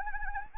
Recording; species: mosquito wingbeat signal from an infrared sensor; Anopheles arabiensis